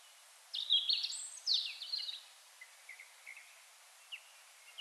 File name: Erithacus rubecula